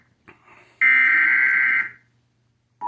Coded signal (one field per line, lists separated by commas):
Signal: Emergency Alert System (SAME) tones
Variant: header bursts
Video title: Emergency Alert System-Severe Thunderstorm Warning #2